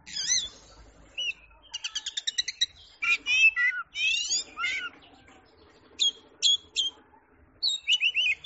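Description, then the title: Oriental magpie-robin song: a busy stream of chattering trills and warbled phrases, then short separate whistles and a quick whistled series near the end. Champion singing bird. "Kicau Burung Kacer Juara"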